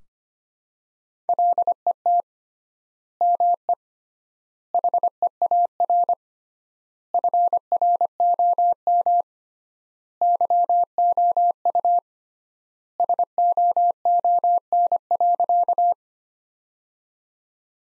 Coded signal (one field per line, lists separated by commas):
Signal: Morse code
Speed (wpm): 25 wpm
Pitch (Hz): 700 Hz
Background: none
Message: LET ME HEAR FROM YOU SOON.